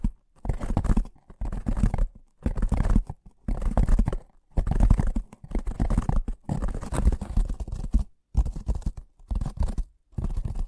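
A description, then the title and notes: Fast tapping comes in short bursts of about half a second to a second, separated by brief silences roughly every second. Each burst is a dense, rapid patter of taps with a scratchy, crunching texture and a heavy low thud beneath. ASMR Braingasm Inducing Fast Tapping (No Talking).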